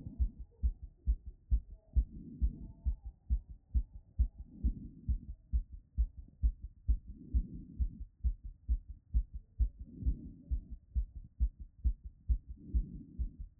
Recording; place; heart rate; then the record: heart sounds by stethoscope; Erb's point; 133 bpm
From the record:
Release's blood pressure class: hypertension stage 1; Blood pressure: 134/83 mmHg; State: after exercise